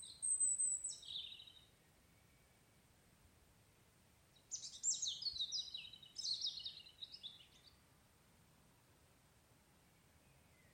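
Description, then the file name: European robin song: a short high, sliding phrase at the start, then after a silent gap a longer, jumbled, tinkling burst of high notes. "Erithacus rubecula"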